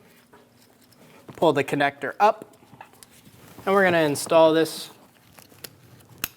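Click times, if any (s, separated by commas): 6.2 s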